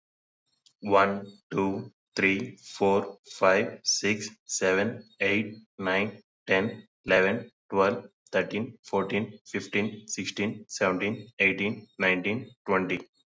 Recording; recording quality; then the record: counting at a normal pace; excellent, no background noise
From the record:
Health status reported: COVID-19 positive, mild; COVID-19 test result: positive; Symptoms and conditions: cough, cold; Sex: male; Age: 26 years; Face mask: not worn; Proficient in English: yes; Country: India